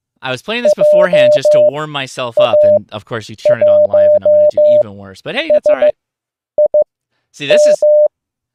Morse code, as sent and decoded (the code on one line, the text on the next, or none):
.--- .- .---- ... .. --
JA1SIM